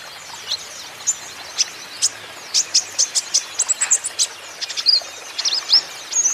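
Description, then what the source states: Van Hasselt's sunbird producing clipped, very high chips in uneven groups, broken by short slurred whistles. Steady continuous 'gacor' singing, a 'konin ijoan', used as a lure and as therapy to get untrained birds to answer back.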